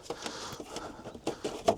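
The final plastic clips of a Raptor-style front grille are pushed home into the front panel of a facelifted Ford Transit mk8 van. Lighter pops and rustling lead up to two sharp clicks at 1.3 s and 1.7 s as the last clips seat home, and the grille is confirmed fully in.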